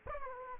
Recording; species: mosquito wingbeat signal from an infrared sensor; Aedes aegypti